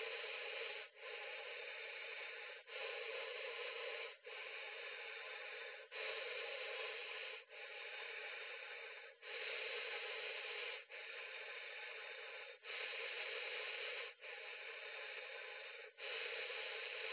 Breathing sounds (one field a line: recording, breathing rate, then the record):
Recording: paced breathing near a phone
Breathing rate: 18 breaths a minute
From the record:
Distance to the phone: 20 cm